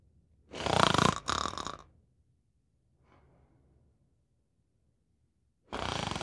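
Loud, rattling inhaled snores about five seconds apart, with soft exhales between: a woman's ordinary snoring.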